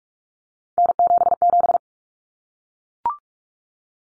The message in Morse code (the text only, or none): N77